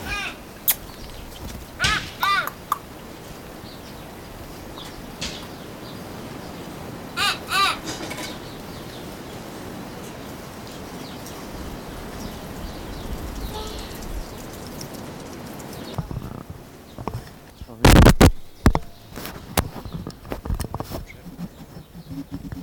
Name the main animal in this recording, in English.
Collared Mangabey